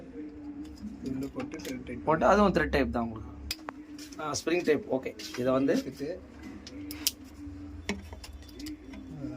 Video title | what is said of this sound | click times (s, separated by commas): Bike/car ⚡water wash cheap and best motor just 3500rs wholesale rate in Chennai Paris /sk bikes | அவ்வளவுதான் lock ஆயிடுச்சுங்க உங்களுக்கு | 7.1 s